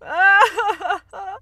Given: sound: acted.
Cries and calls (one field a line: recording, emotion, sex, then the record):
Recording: nonverbal affect burst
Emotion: sadness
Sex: female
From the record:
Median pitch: 379 Hz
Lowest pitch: 186 Hz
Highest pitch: 542 Hz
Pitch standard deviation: 90 Hz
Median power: 65.4 dB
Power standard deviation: 13.5 dB